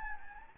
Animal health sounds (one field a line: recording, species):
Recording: mosquito wingbeat signal from an infrared sensor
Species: Anopheles gambiae